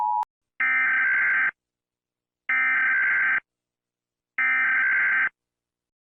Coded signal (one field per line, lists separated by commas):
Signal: Emergency Alert System (SAME) tones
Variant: header bursts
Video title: EAS Broadcast The Battle Of Russian And Ucranian